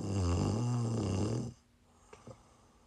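A single loud, low-pitched, rattling snore from a sleeping adult woman lasts about one and a half seconds, then gives way to near silence with two faint soft clicks. This is ordinary snoring during sleep, the vibration of relaxed throat tissues as air is drawn in.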